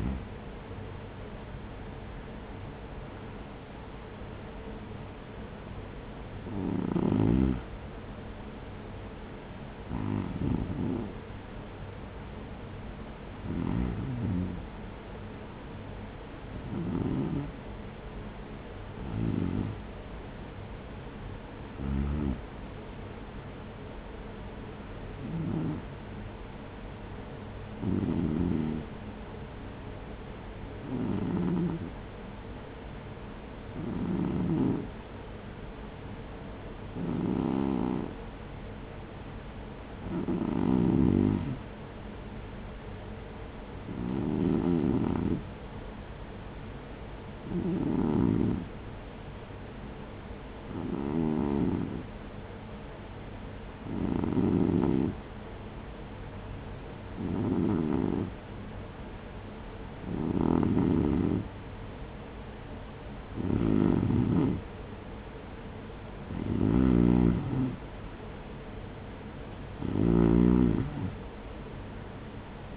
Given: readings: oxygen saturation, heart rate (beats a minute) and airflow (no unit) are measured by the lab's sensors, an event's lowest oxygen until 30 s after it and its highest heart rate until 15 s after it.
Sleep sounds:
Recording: breathing in sleep by a voice recorder at the bedside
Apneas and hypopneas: 1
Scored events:
11.00-68.40 s: hypopnea (REM, oxygen 97% highest, then 92% lowest, heart rate 58 at the start, 69 highest)
From the record:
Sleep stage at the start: REM sleep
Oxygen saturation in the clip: 94 to 97%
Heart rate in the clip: 54 to 62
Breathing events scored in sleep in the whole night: 210 in 6.9 hours asleep

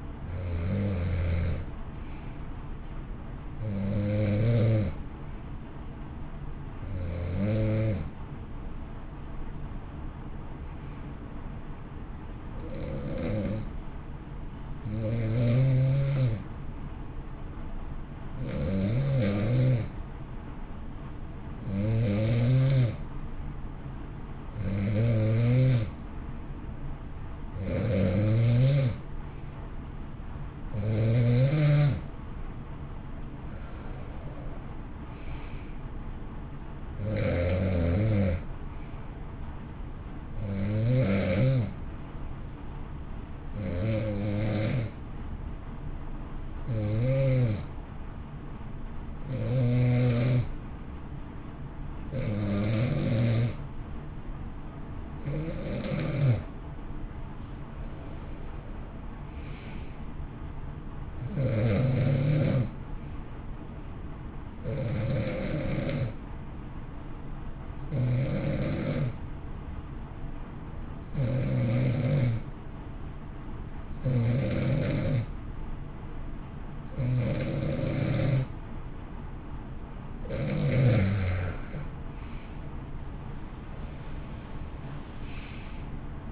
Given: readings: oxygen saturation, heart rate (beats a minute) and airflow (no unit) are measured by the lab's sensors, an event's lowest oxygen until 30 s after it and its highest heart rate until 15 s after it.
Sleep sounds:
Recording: breathing in sleep by a smartphone at the bedside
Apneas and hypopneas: 2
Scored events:
13.00-29.50 s: hypopnea (N2, oxygen 92% highest, then 88% lowest, heart rate 58 at the start, 64 highest)
23.00-53.00 s: new sleep stage, N1 (lightest sleep)
42.00-57.60 s: hypopnea (N1, oxygen 92% highest, then 88% lowest, heart rate 60 at the start, 64 highest)
53.00-86.32 s: new sleep stage, N2 (light sleep)
From the record:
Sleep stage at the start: N2 (light sleep)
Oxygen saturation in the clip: 88 to 92%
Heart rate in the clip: 57 to 68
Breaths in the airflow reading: 28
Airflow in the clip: -13.7 to 12.3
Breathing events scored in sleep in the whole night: 328 in 6.3 hours asleep

